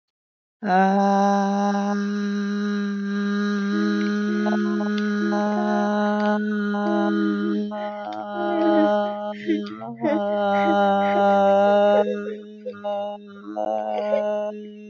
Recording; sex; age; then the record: vowel held as long as possible; female; 30 to 39 years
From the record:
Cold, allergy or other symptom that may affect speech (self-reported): no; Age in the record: 33 years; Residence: Colorado, United States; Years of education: 12